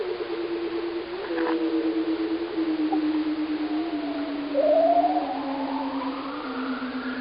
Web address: Passive Acoustic Sensing Cornell Workshop 2017. Bearded Seal